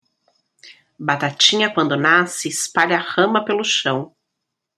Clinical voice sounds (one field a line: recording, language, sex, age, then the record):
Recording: short text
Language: Brazilian Portuguese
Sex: female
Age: 30 to 39 years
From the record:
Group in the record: control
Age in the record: 36 years